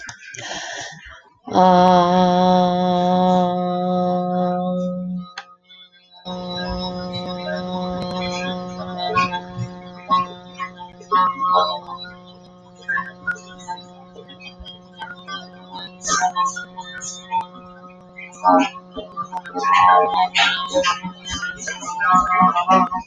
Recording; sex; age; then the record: vowel held as long as possible; female; 40 to 49 years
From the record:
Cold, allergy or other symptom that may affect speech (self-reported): no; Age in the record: 47 years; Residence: Indiana, United States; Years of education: 16